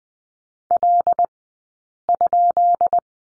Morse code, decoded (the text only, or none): L?